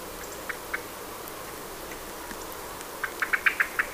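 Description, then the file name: Common blackbird making a few sparse clicks, then a rapid run of six or seven sharp, chinking notes toward the end. "Turdus merula"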